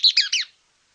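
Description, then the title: Mouse-colored tyrannulet giving three rapid, slurred high notes that drop in pitch, a brief twittering phrase lasting half a second, then silence. Nominate subspecies Phaeomyias murina murina. "LuckyPassaro Completos2Sama. Mouse-colored Tyrannulet (Phaeomyias murina murina)"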